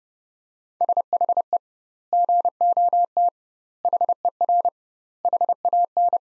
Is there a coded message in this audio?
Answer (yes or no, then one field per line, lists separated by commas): yes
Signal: Morse code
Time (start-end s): 0.8-6.2 s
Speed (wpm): 30 wpm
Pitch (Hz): 700 Hz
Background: none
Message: SHE GOT HER HAN